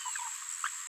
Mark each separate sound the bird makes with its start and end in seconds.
0.64-0.68